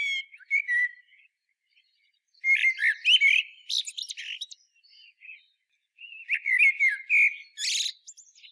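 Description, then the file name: Common blackbird, warbled fluty notes running into scratchy high chatter, several phrases with brief silences between them. "Turdus merula"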